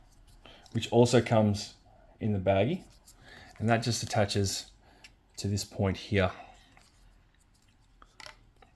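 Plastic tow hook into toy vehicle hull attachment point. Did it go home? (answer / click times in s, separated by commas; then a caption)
yes / 8.3 s. Someone talks while fitting a small plastic tow hook into its attachment point on a toy vehicle's hull. The hook is held against the body and pushed in, and a short click at 8.3 s shows it seating in place.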